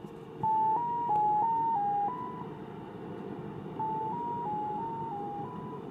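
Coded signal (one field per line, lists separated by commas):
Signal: numbers station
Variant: X06 Mazielka polytone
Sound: two runs of six short steady tones stepping in pitch around 1 kHz, separated by a pause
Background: radio static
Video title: SW DX - X06 Mazielka Numbers Station, received in Sofia, Bulgaria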